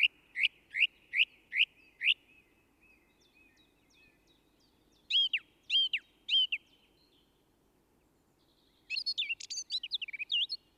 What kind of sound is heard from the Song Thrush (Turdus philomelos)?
song